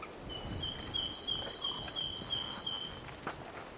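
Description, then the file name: Great tit song, bright two-note whistles alternating high and low, repeated about three times a second in a regular series, then stopping, with low rumbling background noise. "Parus major"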